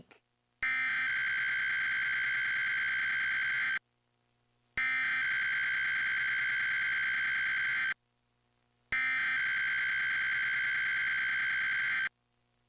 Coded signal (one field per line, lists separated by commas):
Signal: Emergency Alert System (SAME) tones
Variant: header bursts